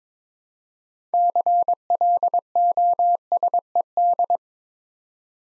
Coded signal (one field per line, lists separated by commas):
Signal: Morse code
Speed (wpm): 22 wpm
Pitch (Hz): 700 Hz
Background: none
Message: CLOSED